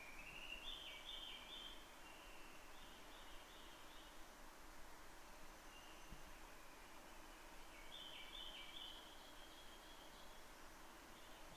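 Townsend's solitaire singing rapid, tumbling warbles in two main bursts with softer notes trailing after, over constant background noise.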